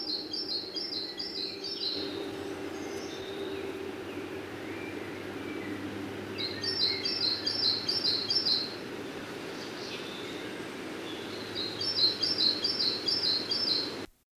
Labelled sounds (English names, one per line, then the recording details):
Common Chaffinch call
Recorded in the wild
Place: Babadag, Dobrogea, RO
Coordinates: 44.695, 28.434
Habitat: Forest
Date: 1976-06-01
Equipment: Nagra III BH, Sennheiser MD 21
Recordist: Schubert, Michael